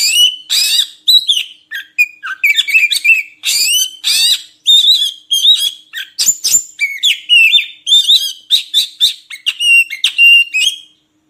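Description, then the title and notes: Oriental magpie-robin song, a fast run of varied whistled and harsh buzzy phrases, rising and falling, with brief pauses, over a faint low hum. Kacer song meant as training material so kept magpie-robins sing actively (gacor) day and night. "Kacer Jadi Gacor Siang Malam. Isian Kacer Durasi Panjang"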